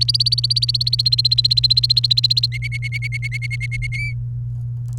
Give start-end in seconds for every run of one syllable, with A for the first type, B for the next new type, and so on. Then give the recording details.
0.00-2.46 A, 2.52-3.87 B, 3.92-4.12 C. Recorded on 30 April 2018 at 08:32. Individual llb3